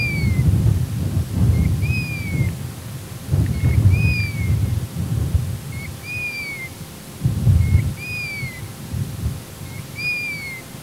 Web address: Piviere dorato